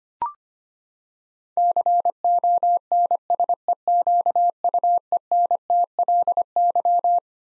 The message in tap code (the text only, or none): none